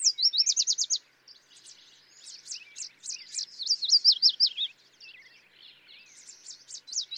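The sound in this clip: Yellow warbler singing a rapid, sweet phrase of repeated slurred whistles, then a longer, busier stretch of mixed chirps and trills, with another phrase starting at the end.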